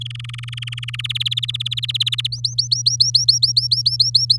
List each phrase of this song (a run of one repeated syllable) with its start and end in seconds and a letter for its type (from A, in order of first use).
0.01-1.01 A, 1.04-2.27 B, 2.32-4.37 C